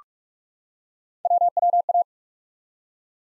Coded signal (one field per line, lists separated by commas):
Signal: Morse code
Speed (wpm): 44 wpm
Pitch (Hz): 700 Hz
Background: none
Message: WWA